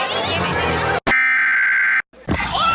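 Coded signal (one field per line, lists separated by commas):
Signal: Emergency Alert System (SAME) tones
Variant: header bursts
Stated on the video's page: Mock EAS alerts, simulated.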